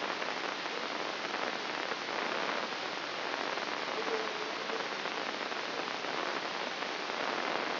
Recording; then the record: brain microelectrode recording played as sound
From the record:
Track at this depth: inside the subthalamic nucleus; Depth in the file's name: 4.465 mm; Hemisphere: left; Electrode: 3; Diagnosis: Parkinson's disease